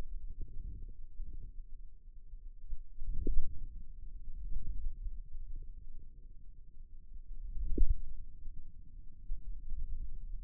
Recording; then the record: forearm muscle sounds (acoustic myography)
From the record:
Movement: hand closing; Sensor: system 2, bracelet of six BSWA MPA416 microphones around the upper forearm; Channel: 3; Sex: male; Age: 22 years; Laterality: right